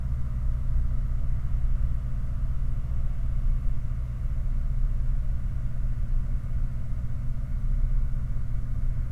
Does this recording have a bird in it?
no